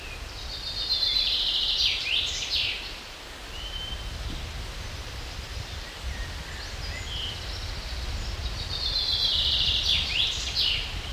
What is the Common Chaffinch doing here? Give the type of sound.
song